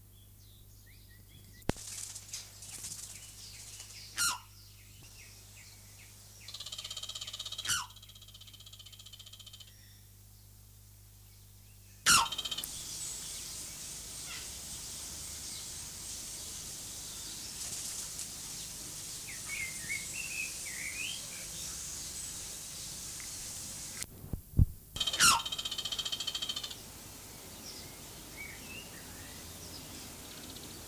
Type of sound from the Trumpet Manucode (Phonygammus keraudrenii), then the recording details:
call. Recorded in captivity. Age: adult. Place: Zoo Berlin, Berlin, DE. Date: 2004-04-22 16:27. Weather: sunny, 22-24°C. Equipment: Fair Mate ST-1328 (Asahi Electronics, Japan), Sennheiser ME 80, Kopie Uher 4000 Report Monitor. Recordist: Tembrock, Günter